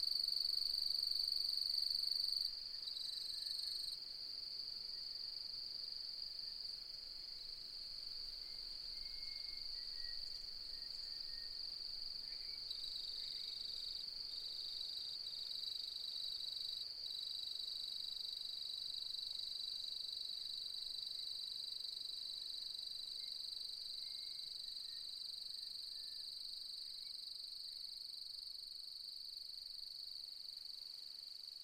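A dense, unbroken shrill of crickets fills a dusk landscape, steady and bright, dropping slightly after the first few seconds, with faint chirps beneath.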